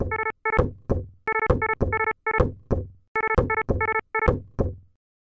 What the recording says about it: For a cardiovascular alarm, we've embedded a lub-dub sound like a beating heart. So when you hear an alarm and you hear that lub-dub, you know it's a cardiovascular problem. It's like, okay, there's a heart involved here. Exactly. So it could be heart rate or blood pressure.